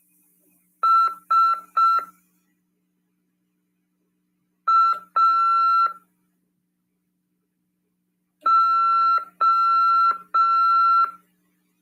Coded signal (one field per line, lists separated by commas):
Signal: Morse code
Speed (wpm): 5 wpm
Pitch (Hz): 1350 Hz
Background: none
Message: SAO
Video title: RADIOAMADOR 2ªEd. 16/1/2023 "AULA 5 CW, LEGIS e C.RODADA" PY2EXU PAULO SP/SP CRASP FM 146.410 Mhz.